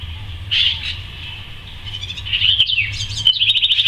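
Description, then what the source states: House wren song: fast jumbled chatter of trilled notes, ending in a quick series of repeated rattling notes, with a low hum underneath. Song of the house wren, named locally as cucarachero.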